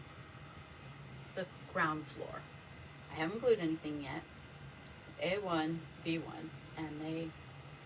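Two precut wooden dollhouse panels for the ground floor, labeled A1 and B1, are handled to be dry-fitted together without glue, to check that everything looks correct. Someone talks over a steady low hum throughout. Nothing has seated or clicked yet.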